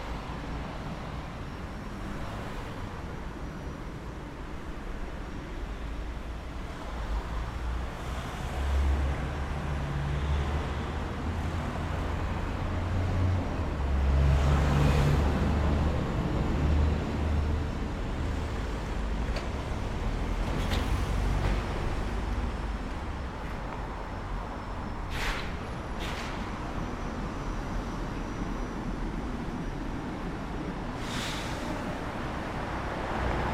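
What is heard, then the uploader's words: Street ambience on a residential road in Brighton, with a steady low rumble of traffic throughout. Vehicles pass between about 8 and 18 seconds, swelling the deep engine noise, and a few short sharp knocks sound near 25 and 31 seconds. Record location Ditchling Rise,Brighton Recorded with a H6 Zoom xy built in mic.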